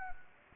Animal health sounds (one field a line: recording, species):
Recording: mosquito wingbeat signal from an infrared sensor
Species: Anopheles gambiae